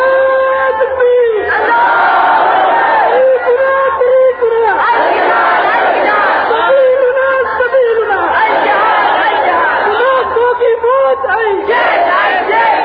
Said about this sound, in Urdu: آپ لوگ بس کریں, نعرے بات سنیں. بہت زیادہ شوق ہو نعرہ لگانے کا تو ایک نعرہ لگائیں, لیکن نعرہ ایسا ہو کہ پتہ چل جائے نعرہ ہے. بس بس, صرف ایک نعرہ, وہ بھی کبھی کبھی.